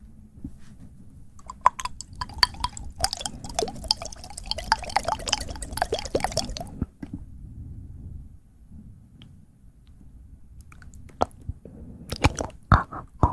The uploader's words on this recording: ASMR Fast Mouth Sounds.